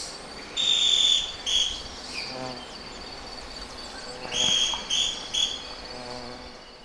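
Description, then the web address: Scale-crested pygmy-tyrant giving short, buzzy, high notes: one longer burst then two shorter ones, repeated after a pause. Recorded in Ecuador. "Birds of Ecuador 3. Scale-Crested Pygmy-Tyrant"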